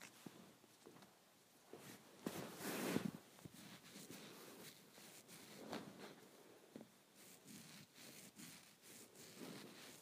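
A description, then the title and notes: Hair being played with, heard as soft rubbing and rustling strands. The scratchy brushes come in irregular bursts throughout, with a louder, denser swipe near three seconds and another around six, and quieter stretches between strokes. Nothing else is audible. Playing with my Hair.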